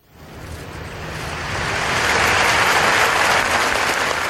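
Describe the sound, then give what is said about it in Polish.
A crowd of about 1000 people in Plaça de Catalunya, Barcelona, breaks into applause after moments of silence to honour attack victims, the dense clapping swelling quickly from a soft start into a loud, steady roar of many hands that holds without letting up. “Po kilku chwilach ciszy 1000 osób na Placu Katalońskim zaczęło klaskać, oddając hołd zabitym.”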